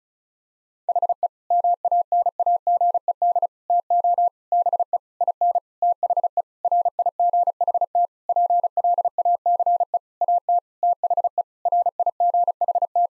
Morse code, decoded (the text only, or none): HE MANAGED TO BE IN THE RIGHT PLACE AT THE RIGHT